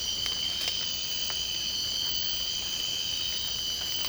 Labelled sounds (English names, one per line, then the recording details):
none
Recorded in secondary vegetation near Puerto Asís, Putumayo, Colombia, on 19 March 2025 at 03:30
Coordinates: 0.502, -76.326
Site G100